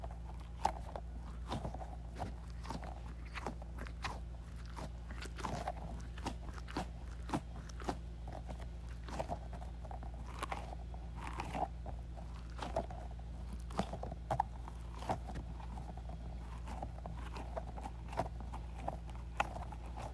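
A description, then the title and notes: An Orbeez ball being squeezed makes quick, irregular squelchy clicks and pops throughout, over a steady low hum that never changes. ASMR Squeezing Orbeez Ball.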